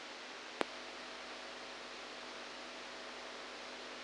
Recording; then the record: brain microelectrode recording played as sound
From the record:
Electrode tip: outside the subthalamic nucleus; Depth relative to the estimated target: 0 mm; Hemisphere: right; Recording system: NeuroSet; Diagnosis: Parkinson's disease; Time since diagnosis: 7 years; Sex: male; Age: 69 years